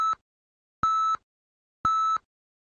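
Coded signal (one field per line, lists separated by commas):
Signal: radio time signal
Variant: VTV3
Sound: short steady high beeps once per second, three heard, the first clipped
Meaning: The pips count down to the top of the hour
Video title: 01.03.2013 | VTV3 - Trailer MasterChef - Vua đầu bếp VN | 20h từ 08/03/2013 + Time Signal 19h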